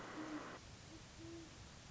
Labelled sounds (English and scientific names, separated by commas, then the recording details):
Great Horned Owl (Bubo virginianus)
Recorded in Sonoma County, California